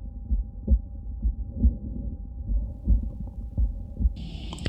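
Adult heart heard through a stethoscope: paradoxical splitting of the second heart sound, caused by left bundle branch block.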